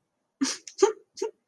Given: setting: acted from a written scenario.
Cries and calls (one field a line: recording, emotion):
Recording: vocal sound without words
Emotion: sympathy